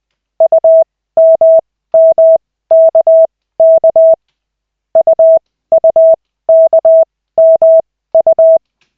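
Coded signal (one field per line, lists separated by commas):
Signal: Morse code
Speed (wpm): 20 wpm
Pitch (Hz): 650 Hz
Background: none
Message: UMMKK UUKMU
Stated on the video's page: Koch method Morse practice session from LCWO lessons, two characters stage.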